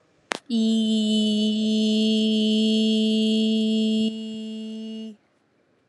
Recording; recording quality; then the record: sustained vowel as in beet; excellent, no background noise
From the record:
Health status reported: healthy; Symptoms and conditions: none ticked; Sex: female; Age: 26 years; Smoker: not ticked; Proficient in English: yes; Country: India